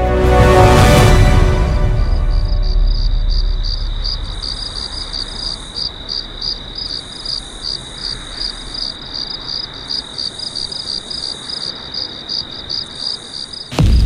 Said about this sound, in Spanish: Y cuando llegó la noche, abrieron el cajón en el que custodiaban todas las historias y leyendas, y con el canto de los grillos, prosiguieron su viaje.